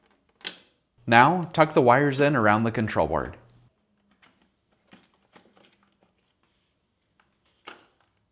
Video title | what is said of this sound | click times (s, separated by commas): How to replace Samsung compressor inverter control board part # DA92-00768D | Now, re-install the electrical plugs by lining up the pins and pushing until they lock into place. | 0.5 s